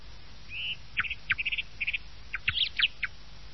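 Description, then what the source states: Thrush song in a quick burst: a drawn whistle, then clipped chirps and doubled notes, ending in a few sharp rising squeaks. Thrush song used as a lure in uccellagione, Italian bird-catching.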